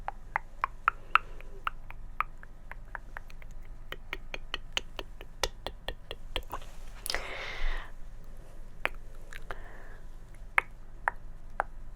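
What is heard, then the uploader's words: Crisp tongue clicks repeat at a quick, fairly regular pace, each a sharp tick, with some moist, squishy mouth sounds between them. Around the seventh second a brief breathy rush passes, and a steady low hum sits underneath. ASMR Tongue Clicking & Personal Attention.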